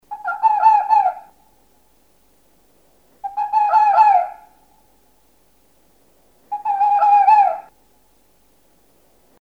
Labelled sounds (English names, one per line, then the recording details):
Red Fox
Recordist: Tembrock, Günter
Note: Bellstrophe einer Fähe